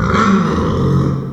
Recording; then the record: squeal of a Yucatan mini pig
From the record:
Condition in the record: after surgery on the right vocal fold (resection and tissue-engineered implant); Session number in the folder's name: 15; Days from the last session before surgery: 175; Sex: female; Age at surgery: 19 weeks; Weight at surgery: 25 kg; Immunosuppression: prednisolone